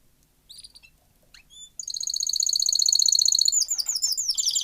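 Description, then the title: Domestic canary giving a few short whistled notes, then launching into a steady rapid high trill that breaks into quick descending slurred notes. Male Belgian canary singing a lot, used to warm up and train young canaries. "Canary Training Esquente Seu Filhote E Canario Belga Macho Cantando Muito"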